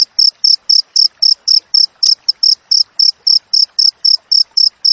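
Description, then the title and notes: Cricket calling with loud high-pitched chirps pulsing regularly about four times each second, one short extra click midway, light noise beneath. Wild crickets with tightly spaced chirps, used for training songbirds and for repelling rats. "Masteran Jangkrik Alam Jernih, Jeda Rapat Cocok Untuk Masteran Burung Dan Mengusir Tikus. suara jangkrik"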